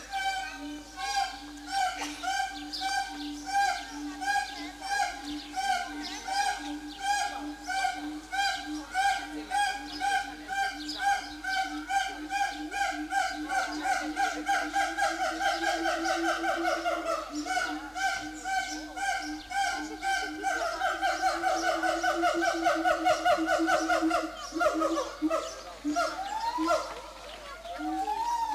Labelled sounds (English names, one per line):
Siamang